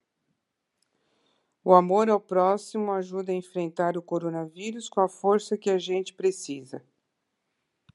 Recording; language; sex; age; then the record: spoken sentence; Brazilian Portuguese; female; 60 to 69 years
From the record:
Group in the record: control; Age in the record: 62 years